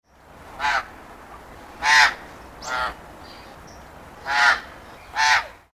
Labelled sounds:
Australian Magpie (Gymnorhina tibicen)
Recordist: Tembrock, Günter
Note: Kurzlaute

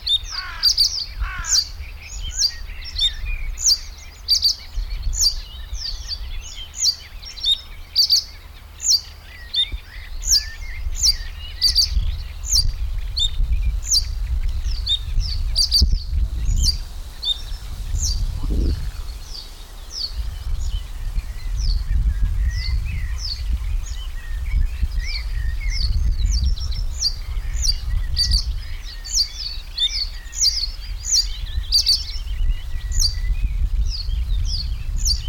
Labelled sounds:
Reed Bunting (Emberiza schoeniclus)
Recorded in the wild
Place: Karower Teiche, Naturpark Barnim, Berlin, DE
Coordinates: 52.62, 13.46
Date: 1996-05-19 13:20
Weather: heiter, 24°C
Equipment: Sony MD-WM MZ-R3, Sennheiser MKH 416 T, Kopie Uher 4000 Report Monitor
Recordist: Tembrock, Günter

